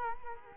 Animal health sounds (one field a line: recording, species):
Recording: mosquito wingbeat signal from an infrared sensor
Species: Culex quinquefasciatus